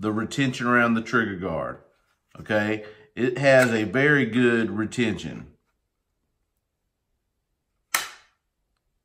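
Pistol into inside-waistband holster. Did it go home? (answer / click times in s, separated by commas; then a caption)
yes / 7.9 s. Someone talks for the first five and a half seconds about a pistol and a TXC 1X polymer inside-waistband (IWB) holster whose retention grips around the trigger guard. After a pause, the pistol is reholstered with a single loud, sharp snap at 8.0 s that fades quickly. The pistol seats into the holster's retention.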